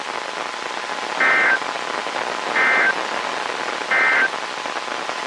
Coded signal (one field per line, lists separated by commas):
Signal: Emergency Alert System (SAME) tones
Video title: EAS 2043-2054 (8/20 - 8/31/22)